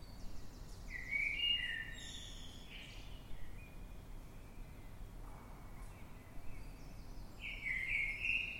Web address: Blackbird Dead Of Night. in the dead of night, London, UK, on 9th March 2026 at 3:50 am by eleanor mcdowall